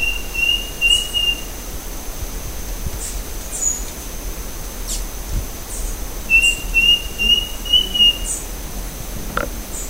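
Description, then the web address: Bird giving clear high whistled phrases, a short run of slurred notes near the start and a longer repeated series later, over steady background hiss. "BIRD 2015 SABIOD 50 bird 2015"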